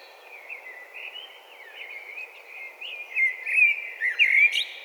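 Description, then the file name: Eurasian blackbird warbling in soft mellow phrases that grow louder, ending with sharp high twittering notes, over constant low background noise. "Turdus merula"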